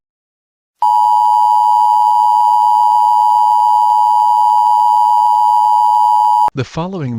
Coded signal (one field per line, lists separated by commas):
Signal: Emergency Alert System (SAME) tones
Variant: 853 and 960 Hz attention tone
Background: speech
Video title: EAS Scenario #17 2021